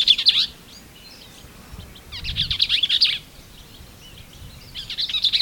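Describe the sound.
Bell's vireo song: three quick, scratchy, chattering phrases, each under a second, separated by pauses of about one and a half to two seconds.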